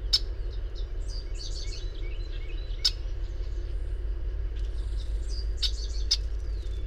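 Bird twittering: clusters of fast high chirps and short slurred notes, broken by a few sharp clicks, over a steady low background hum.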